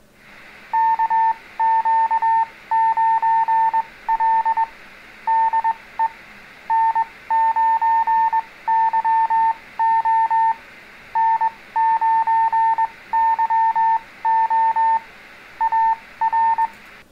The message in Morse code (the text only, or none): KQ9L DE N9YO N9YO AR